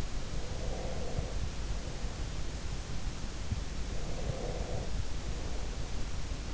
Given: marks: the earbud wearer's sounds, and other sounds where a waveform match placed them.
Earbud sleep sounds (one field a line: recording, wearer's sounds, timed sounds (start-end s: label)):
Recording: sounds in sleep by an in-ear microphone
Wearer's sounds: breath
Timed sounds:
0.46-2.50 s: breath
4.06-5.92 s: breath